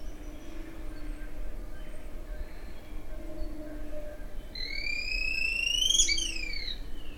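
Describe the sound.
White-crested spadebill call: a buzzy, harmonic note rising steadily for about a second and a half, then dropping sharply, over a faint low hum.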